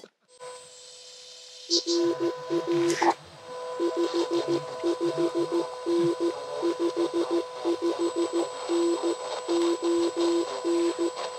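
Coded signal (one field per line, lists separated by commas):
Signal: Morse code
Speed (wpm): 14 wpm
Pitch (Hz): 340 Hz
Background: radio noise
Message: RR 55N 55N ON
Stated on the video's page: SOTA summit activation on 10m using a newly-built Rockmite transceiver at 100 mW, with a paddle.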